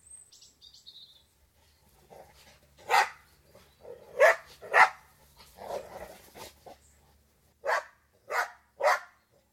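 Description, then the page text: Dogs barking in play, irregular loud barks in bursts, and a high bird chirp at the very start. Border Collies and Labradors outdoors, playing and fighting, with some early morning birdsong. "BBC. Border Collies & Labradors, exterior, playing & fighting, with some early morning birdsong"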